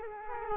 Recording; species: mosquito wingbeat signal from an infrared sensor; Culex quinquefasciatus